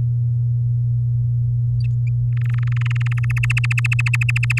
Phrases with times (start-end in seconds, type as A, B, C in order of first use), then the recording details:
2.33-3.25 A, 3.30-4.59 B. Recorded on 11 May 2018 at 06:10. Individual llb16